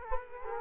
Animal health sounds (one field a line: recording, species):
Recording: mosquito wingbeat signal from an infrared sensor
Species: Culex quinquefasciatus